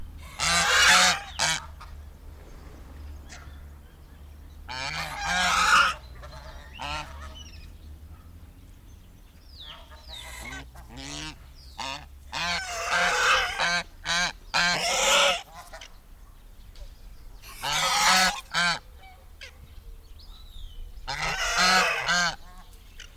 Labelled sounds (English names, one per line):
Snow Goose call